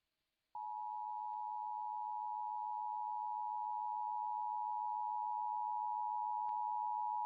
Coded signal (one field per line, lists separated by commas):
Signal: Emergency Alert System (SAME) tones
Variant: 853 and 960 Hz attention tone